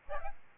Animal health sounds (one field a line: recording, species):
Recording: mosquito wingbeat signal from an infrared sensor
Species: Aedes albopictus